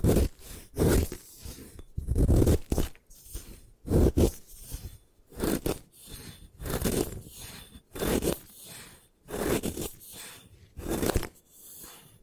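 Gym chalk is being crushed and broken apart in a series of sharp, gritty crunches and scrapes. Bursts come roughly every second or two, each a short rough grind with bright crackle on top, separated by brief quiet gaps.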